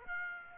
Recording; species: mosquito wingbeat signal from an infrared sensor; Aedes aegypti